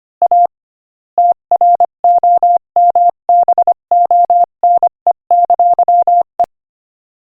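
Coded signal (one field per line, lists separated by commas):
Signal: Morse code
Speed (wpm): 25 wpm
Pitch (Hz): 700 Hz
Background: none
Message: A TROMBONE! E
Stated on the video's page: Morse code practice sent at 25 wpm.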